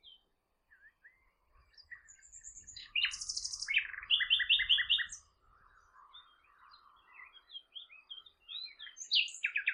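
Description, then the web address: Bird song with varied chirps, buzzy trills and rapid repeated notes in bursts, with a soft low rumble in the background midway. "Bird Only"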